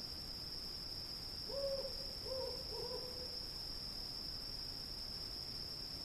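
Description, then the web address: Cricket trill, a constant shrill tone throughout, joined by a short series of low hoots around the middle. "сверчки"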